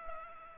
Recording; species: mosquito wingbeat signal from an infrared sensor; Culex pipiens